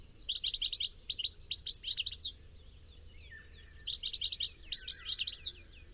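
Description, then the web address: Bird delivers two long phrases of rapid, bright, high-pitched chirps, each lasting about two seconds, with quiet low background noise between. "cianscape birddata Deverinetal 2025 Bird Only Ca Ca Ca Ca"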